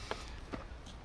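A carbon-fibre prop rod that holds up the engine bay lid of a McLaren 675LT is fitted into its mounting hole. A short, sharp click at 0.1 s marks it seating in place, followed by faint low background noise.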